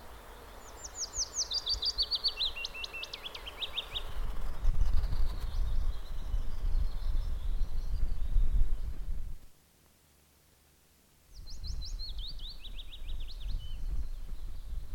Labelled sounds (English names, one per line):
Willow Warbler